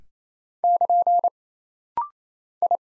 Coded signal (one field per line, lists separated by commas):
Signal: Morse code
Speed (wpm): 27 wpm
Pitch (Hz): 700 Hz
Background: none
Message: <KN> I